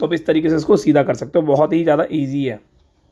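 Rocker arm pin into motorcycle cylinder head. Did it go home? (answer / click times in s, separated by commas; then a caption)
no / none. A mechanic straightens a rocker arm pin and pushes it by hand into place in a motorcycle cylinder head. Someone talks for about the first 2.6 seconds, then near silence follows. Nothing has seated or clicked yet; the pin is not yet home.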